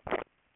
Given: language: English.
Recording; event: throat vibration sensor signal played as sound; swallow